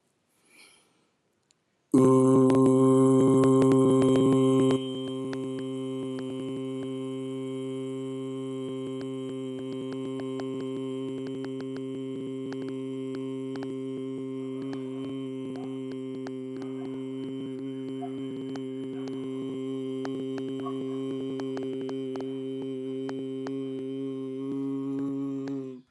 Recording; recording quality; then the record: sustained vowel as in boot; excellent, no background noise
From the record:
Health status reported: healthy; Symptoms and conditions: none ticked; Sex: male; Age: 39 years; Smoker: yes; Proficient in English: yes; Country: India